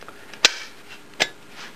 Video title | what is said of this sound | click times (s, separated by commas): Camping Cookware | It locks into place. | 0.5 s